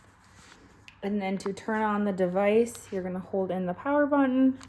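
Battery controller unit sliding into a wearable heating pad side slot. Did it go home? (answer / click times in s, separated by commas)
yes / 0.9 s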